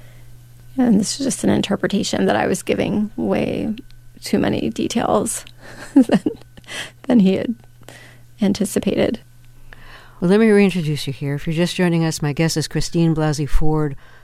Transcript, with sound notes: and this is just an interpretation - that I was giving way too many details (laughter) than he had anticipated.
Well, let me reintroduce you here. If you're just joining us, my guest is Christine Blasey Ford.